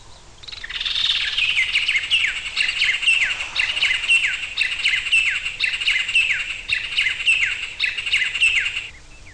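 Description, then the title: Bird song: a steady run of many bright, downward-sliding chirped notes over about eight seconds. "LuckyPassaro Completos2Sama"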